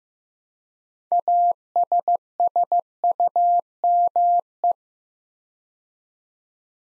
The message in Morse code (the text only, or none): ASSUME